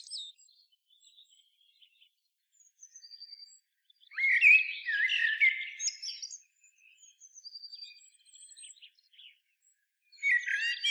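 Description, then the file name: Common blackbird song: faint high twitters, then a loud mellow warbled phrase with squeaky ending, then more soft twittering and a new phrase starting. "Turdus merula"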